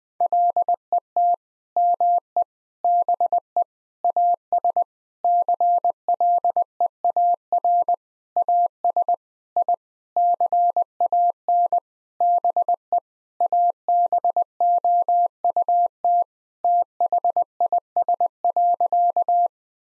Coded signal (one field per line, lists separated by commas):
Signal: Morse code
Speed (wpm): 20 wpm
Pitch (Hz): 700 Hz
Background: none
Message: LET ME BE AS CLEAR AS I CAN BE ABOUT THIS.